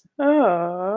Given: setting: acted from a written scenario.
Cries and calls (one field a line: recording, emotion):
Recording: vocal sound without words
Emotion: neutral